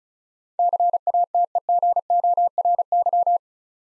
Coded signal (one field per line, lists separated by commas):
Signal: Morse code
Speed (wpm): 36 wpm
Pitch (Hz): 700 Hz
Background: none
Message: CATEGORY